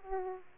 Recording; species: mosquito wingbeat signal from an infrared sensor; Aedes aegypti